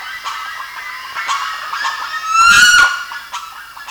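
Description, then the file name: Bird calls, scattered rough notes and a whistled tone, with a loud broad burst of noise around the middle lasting about half a second. "SABIOD 50 bird 2015"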